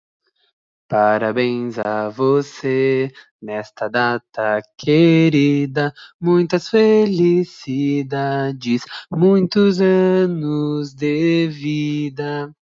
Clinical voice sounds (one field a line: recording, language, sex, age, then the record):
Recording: short text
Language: Brazilian Portuguese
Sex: male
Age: 20 to 29 years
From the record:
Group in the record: control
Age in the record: 20 years